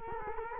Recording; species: mosquito wingbeat signal from an infrared sensor; Culex quinquefasciatus